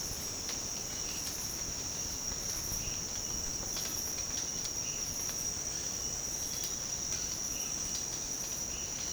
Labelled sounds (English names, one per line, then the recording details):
none
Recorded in secondary vegetation near Puerto Asís, Putumayo, Colombia, on 25 June 2025 at 07:00
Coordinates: 0.484, -76.319
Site G074